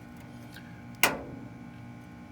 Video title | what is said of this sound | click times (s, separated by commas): Silence that noisy server! | That was the click, and that's the threads lining up. | 1.0 s